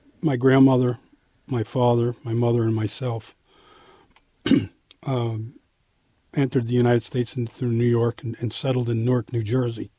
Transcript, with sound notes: my grandmother, my father, my mother and myself,, (clears throat) um, entered the United States in through New York, and settled in Newark, New Jersey.